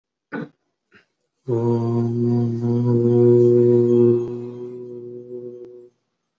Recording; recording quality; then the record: sustained vowel as in boot; excellent, no background noise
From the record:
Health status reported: recovered from COVID-19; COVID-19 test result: positive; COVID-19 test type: RT-PCR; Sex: male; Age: 25 years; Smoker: no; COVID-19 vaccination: both doses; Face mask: not worn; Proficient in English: yes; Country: India